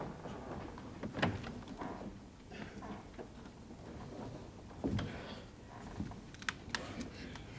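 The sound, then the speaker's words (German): Doors being opened, with a few sharp clunks and rattling knocks spread over several seconds against a low, steady background rumble. “Ich habe diese Türen noch nie allein geöffnet. Ich möchte es versuchen.”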